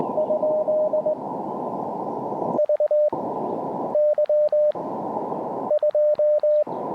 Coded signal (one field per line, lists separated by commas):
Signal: Morse code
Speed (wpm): 20 wpm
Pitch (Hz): 600 Hz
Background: radio noise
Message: ? VY2